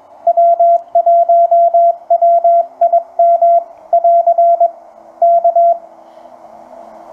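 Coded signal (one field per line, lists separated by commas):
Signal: Morse code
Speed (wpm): 21 wpm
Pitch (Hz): 680 Hz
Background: radio noise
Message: W1WIM <AR> K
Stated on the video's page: Sent on the PFR-3B kit portable field radio with attached key, onboard batteries and tuner, QRP at least 5 watts on 40, 30 or 20 meters.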